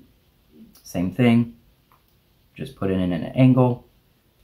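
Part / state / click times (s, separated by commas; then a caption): RAM module into laptop memory slot / not seated / none. A second RAM module is angled into its memory slot inside an HP Envy x360 laptop while someone talks, with faint brief handling sounds around 0.8 s and 1.9 s. The module has not seated or clicked into place yet.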